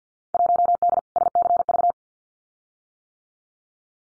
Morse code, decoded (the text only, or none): 1D SCV